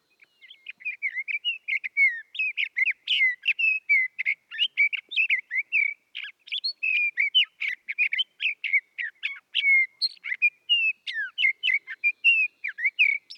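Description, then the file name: Sage thrasher singing a long, continuous jumble of quick warbled and whistled notes, fast and varied, rising and falling, with scarcely a break throughout. "Sage Thrasher Oreoscoptes montanus"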